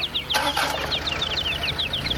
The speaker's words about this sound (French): nourris-les, tes oiseaux, ils arrêtent pas de se lamenter.